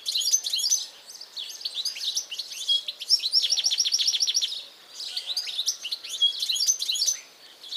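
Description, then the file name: European goldfinch twittering calls, dense bursts of bright tinkling chirps with a fast run of repeated notes near the middle, pausing briefly twice. "Carduelis carduelis"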